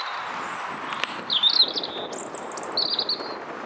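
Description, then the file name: European robin song: thin high whistled phrases with a short trill, separated by brief pauses, against soft background hiss. "Erithacus rubecula"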